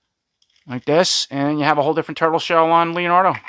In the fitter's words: then you just take the man and- arms one right just snaps right in